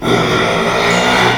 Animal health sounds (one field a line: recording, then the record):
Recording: squeal of a Yucatan mini pig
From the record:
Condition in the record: after surgery on the right vocal fold (resection and tissue-engineered implant)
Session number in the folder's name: 1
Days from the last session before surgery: 6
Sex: male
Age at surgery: 12 weeks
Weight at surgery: 13 kg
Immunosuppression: cyclosporine, prednisolone